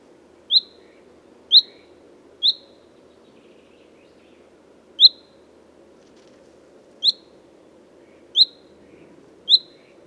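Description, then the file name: Common chaffinch giving bright, clipped single call notes: three quick ones, a pause, then scattered notes at uneven gaps, with a soft low rumble underneath. "Fringilla coelebs"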